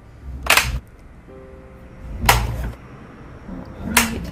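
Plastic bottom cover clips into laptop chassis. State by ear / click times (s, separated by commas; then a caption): seated / 0.5 s, 2.3 s, 4.0 s. The plastic bottom plate of an HP Notebook 15-bs076nr laptop is pressed around its edges so its clips snap into the chassis. Three sharp clicks are heard at about 0.5, 2.3 and 4.0 seconds. The bottom cover clips into place.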